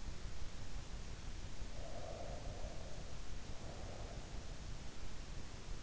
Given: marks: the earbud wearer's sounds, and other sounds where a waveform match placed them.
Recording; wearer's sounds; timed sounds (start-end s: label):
sounds in sleep by an in-ear microphone; breath
1.78-4.65 s: breath